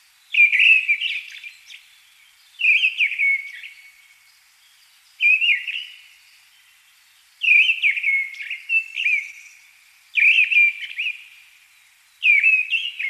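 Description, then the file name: Mistle thrush song of varied fluty, whistled phrases, each followed by a pause of one to two seconds; six phrases in all. "Deryaba Turdus viscivorus - Penie"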